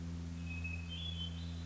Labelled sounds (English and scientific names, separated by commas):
Hermit Thrush (Catharus guttatus)